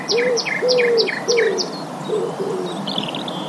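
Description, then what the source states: Common nightingale song: a rapid series of sharp, downslurred high notes, then a warbled phrase, along with low, steady whistled notes. Recorded on 19 April 2011 at 10:11; high-pass filtered.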